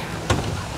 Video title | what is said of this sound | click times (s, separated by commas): Dufour 41 — новый уровень комфорта и свободы на воде - Самый полный обзор яхты | into place. Click! | 0.3 s